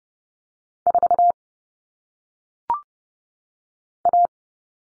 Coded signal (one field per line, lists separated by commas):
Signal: Morse code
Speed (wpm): 30 wpm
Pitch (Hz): 700 Hz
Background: none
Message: 4A